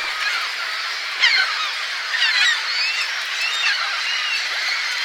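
Gulls calling: several harsh, mewing cries and short clustered yelps over a steady rushing background noise.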